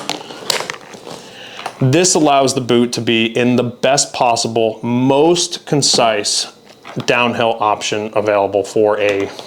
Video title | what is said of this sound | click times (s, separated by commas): The Best Ski Gear of 2026 - Really Big Gear Guide | When you flip this switch and it locks into place, | 0.1 s, 0.5 s